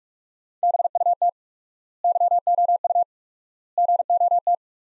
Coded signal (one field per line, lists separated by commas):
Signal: Morse code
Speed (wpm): 42 wpm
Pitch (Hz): 700 Hz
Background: none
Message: BUT YOU GOT